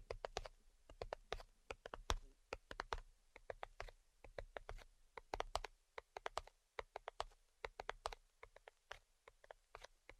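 Tapping in quick, uneven bursts, each tap a sharp click with a bright, crisp top and a soft knock underneath. The taps come several per second in clusters, much like typing on a keyboard, with brief pauses between runs and a quiet hiss beneath.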